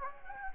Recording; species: mosquito wingbeat signal from an infrared sensor; Anopheles gambiae